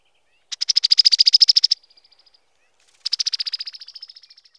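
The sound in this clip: Brown-headed cowbird giving a fast, dry chattering rattle, two bursts of rapid clicking notes that each fade out at the end.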